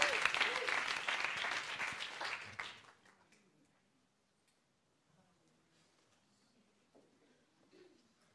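An audience bursts into loud, dense applause for about three seconds, then it quickly dies away, leaving quiet murmurs and a few faint scattered sounds.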